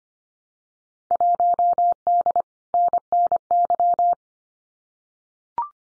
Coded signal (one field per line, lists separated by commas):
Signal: Morse code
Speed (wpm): 25 wpm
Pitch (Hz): 700 Hz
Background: none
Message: 1D NNY